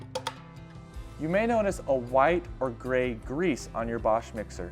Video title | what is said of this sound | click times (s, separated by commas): Beginner's Guide: Black Bosch Universal Plus Mixer | Once it is through, we are going to turn these plastic fins clockwise until you hear it click. | 0.2 s